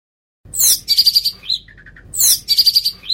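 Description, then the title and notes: Long-tailed shrike song: two scratchy, harsh phrases of rapid buzzy notes, each followed by a short stuttering trill, with a few soft whistled notes between them. Cage-bird training recording. "Masteran Burung Cendet"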